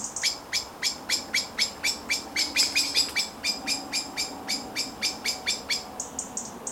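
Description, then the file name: Common blackbird repeating hard chink notes in a steady series, ending with a few high thin tones. "Turdus merula"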